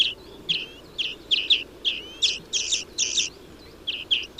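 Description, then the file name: European greenfinch giving spaced chirpy double notes roughly every half second, some trailed by thin rising whistles. "Chloris chloris"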